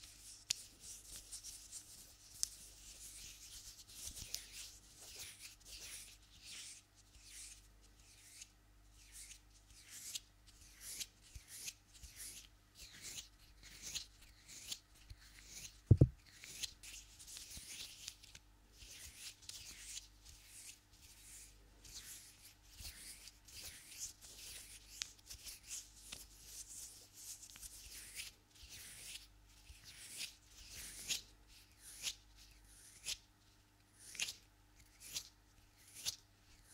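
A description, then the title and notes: Hand movements with long nails make a dense, irregular run of light taps, clicks and scratchy rubs that continue throughout, some in quick clusters. A single sharp, louder knock stands out at about 16 seconds over a faint, steady low hum. ASMR Hands Sounds Movements Long Nails.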